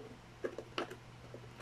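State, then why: Not seated. A lid cut from a disposable plastic food container is being fitted and twisted onto a tarantula enclosure. A few short, sharp plastic ticks sound, the strongest at about 0.8 s, with smaller ones around 0.5, 0.6 and 0.9 s. The clip ends before the lid locks, so nothing has seated or clicked yet.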